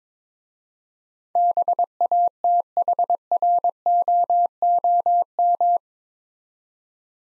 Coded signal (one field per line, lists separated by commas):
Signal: Morse code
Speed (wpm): 22 wpm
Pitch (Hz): 700 Hz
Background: none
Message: BATHROOM